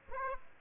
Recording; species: mosquito wingbeat signal from an infrared sensor; Aedes aegypti